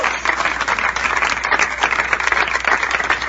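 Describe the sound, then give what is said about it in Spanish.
A church audience applauds God during a Bible study on divorce and Christian marriage, a dense wash of many hands clapping at once, holding an even loudness for several seconds with no one speaking over it. “Me aplaude a Dios usted en esta hora.”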